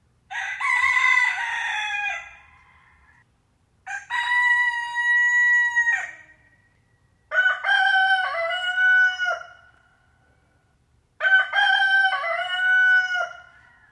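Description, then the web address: Chicken: rooster crowing: four long, harmonic cock-a-doodle-doo crows, each about two seconds, separated by short silent gaps. "granja daniela private Rooster"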